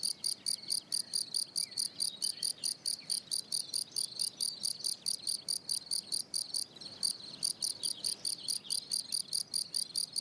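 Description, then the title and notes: Field cricket giving a long regular series of high, pulsed chirps at a steady pace, with one brief gap midway, over a soft ambient background. Lone, fairly isolated individual singing rhythmically on the plateau de Lesches en Diois, France; 27 June 2018, 10:00, hot day already 23°C; Nagra Seven recorder with MKH8040 microphone. "Un grillon champêtre. plateau de Lesches en Diois"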